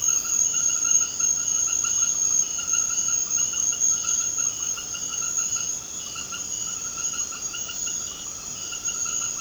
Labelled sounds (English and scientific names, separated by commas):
none